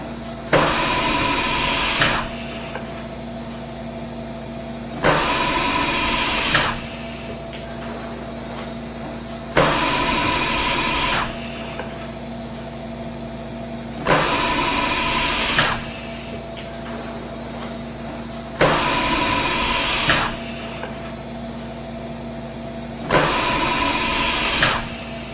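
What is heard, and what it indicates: Regular airy hissing bursts, each about one and a half seconds long, repeat about 13 times a minute over a steady low mechanical hum. This is a hospital mechanical ventilator cycling as it delivers breaths.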